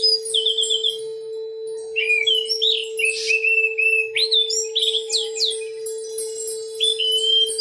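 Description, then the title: Oriental magpie-robin singing a rich run of whistles, slurred notes and brief harsh bursts, nearly continuous, with a constant humming tone underneath. "Kicau Kacer"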